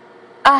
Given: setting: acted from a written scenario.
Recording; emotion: vocal sound without words; distress